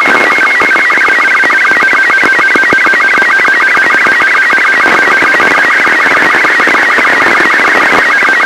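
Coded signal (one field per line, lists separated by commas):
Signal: SSTV (slow-scan television)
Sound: warbling tones hopping between mid and high pitch, broken by rapid regular short low blips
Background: radio static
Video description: There are four different SSTV images in this audio stream , spaced at about 2 mts duration.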